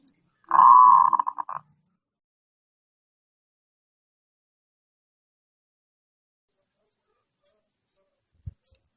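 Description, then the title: Zebra dove song: a single rippling, staccato cooing phrase of about one second, followed by long silence and one faint knock near the end. Local zebra dove singing actively, recorded as a training recording for other birds. "Perkutut Lokal Gacor MASTERAN AMPUH"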